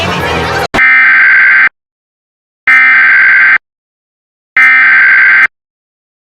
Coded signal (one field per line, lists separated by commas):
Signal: Emergency Alert System (SAME) tones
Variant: header bursts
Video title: (VALID TONES) EAS Mock - The Count Duckula Show (May 28, 2006)